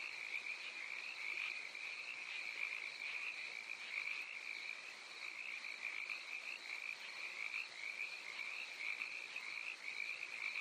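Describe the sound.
Steady cricket chorus: many overlapping high trills merging into one continuous, gently wavering buzz.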